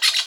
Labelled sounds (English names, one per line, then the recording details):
Brown-throated Parakeet contact call
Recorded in Venezuela
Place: Guárico; Corozopando; Fundo La Fe
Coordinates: 8.506, -67.593